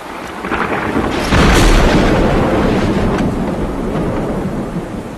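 A loud thunderclap from a lightning bolt that strikes a man during a night storm bursts over steady rain, a sharp crack swelling into a broad rumbling roar that holds for several seconds before easing back into the downpour.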